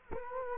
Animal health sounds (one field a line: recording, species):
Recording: mosquito wingbeat signal from an infrared sensor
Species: Culex quinquefasciatus